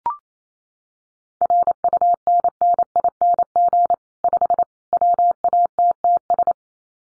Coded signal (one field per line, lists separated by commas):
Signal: Morse code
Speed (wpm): 28 wpm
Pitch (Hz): 700 Hz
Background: none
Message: RUNNING 5 WATTS